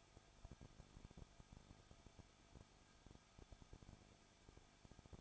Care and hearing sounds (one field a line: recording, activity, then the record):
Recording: daily activity, microphone in the room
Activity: no activity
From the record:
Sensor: 5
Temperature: 20.9 degrees Celsius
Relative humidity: 35.0%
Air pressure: 994.7 hPa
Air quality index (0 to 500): 153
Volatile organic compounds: 2 ppm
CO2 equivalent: 1276 ppm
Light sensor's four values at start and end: 2/3/1/1 and 2/3/1/1